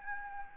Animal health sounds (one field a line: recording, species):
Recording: mosquito wingbeat signal from an infrared sensor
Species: Anopheles gambiae